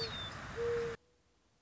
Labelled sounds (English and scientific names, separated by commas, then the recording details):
Mourning Dove (Zenaida macroura)
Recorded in Sonoma County, California